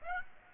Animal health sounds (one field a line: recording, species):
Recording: mosquito wingbeat signal from an infrared sensor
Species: Aedes aegypti